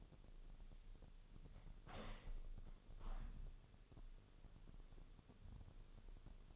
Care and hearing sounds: daily activity, microphone in the room; open window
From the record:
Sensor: 4

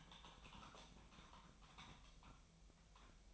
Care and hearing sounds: daily activity, microphone in the room; typing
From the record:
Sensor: 1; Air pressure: 1009.5 hPa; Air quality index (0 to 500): 195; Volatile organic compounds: 19 ppm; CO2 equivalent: 2668 ppm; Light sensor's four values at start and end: 30/76/32/38 and 30/77/32/38

